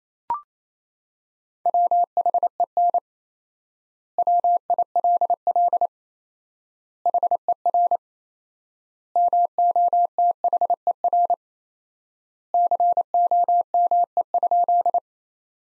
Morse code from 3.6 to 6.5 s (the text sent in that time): WILL